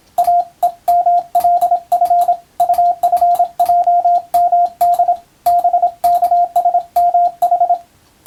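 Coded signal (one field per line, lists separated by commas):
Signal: Morse code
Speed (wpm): 27 wpm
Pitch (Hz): 700 Hz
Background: radio noise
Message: AEMLF UFJMD BKSMH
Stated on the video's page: Morse practice for the Japanese radiotelegraph operator exam, using a European-language telegram practice book.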